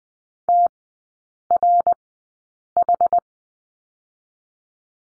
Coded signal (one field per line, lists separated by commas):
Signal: Morse code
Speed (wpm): 20 wpm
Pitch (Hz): 700 Hz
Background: none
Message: TRH